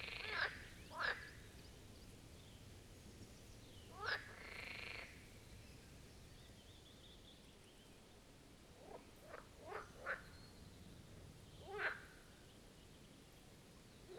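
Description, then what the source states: Marsh frogs give scattered pulsed croaks, a pair early on, then a longer call and a small cluster later, spaced by quiet stretches. Chorus of marsh frogs at the Birkensee, Schönbuch, Germany, recorded on one of the first hot summer days of 2023.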